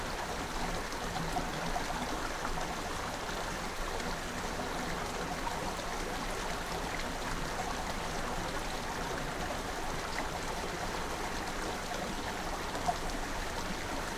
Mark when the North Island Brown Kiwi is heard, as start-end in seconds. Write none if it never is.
none